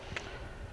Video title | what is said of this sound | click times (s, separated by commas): How to change clutch belt Polaris RZR 800, Polaris Razor Belt Change | Do it a couple times, you can hear it clicking. Okay, now we're torqued. | 0.2 s